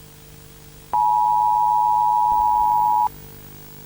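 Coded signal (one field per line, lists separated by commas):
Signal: Emergency Alert System (SAME) tones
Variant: 853 and 960 Hz attention tone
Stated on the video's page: Fictional analog horror EAS scenario.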